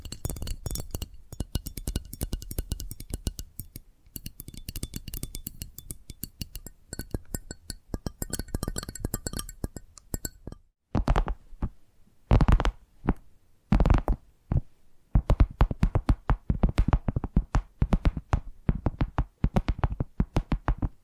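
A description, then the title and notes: Fast, dense tapping fills the first ten seconds, a steady flurry of crisp clicks with a soft low thump underneath. After a brief pause the pattern changes to sparser, heavier taps and short scratchy bursts, separated by clear gaps. ASMR 10 Addictive Tapping Triggers. (No Talking).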